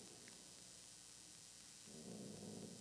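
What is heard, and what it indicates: Faint room noise, then a loud, low, rough rumble in the last second: a single snoring breath from a resting, sleeping dog. This is ordinary snoring during sleep. No speech is heard.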